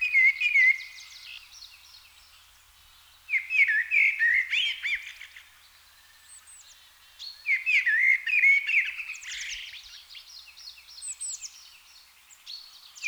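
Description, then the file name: Blackbird giving a run of warbled phrases roughly every four seconds, low fluty notes mixed with bright, high-pitched squeaky flourishes. "Turdus merula"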